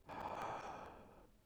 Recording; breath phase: one breath near a microphone; inhalation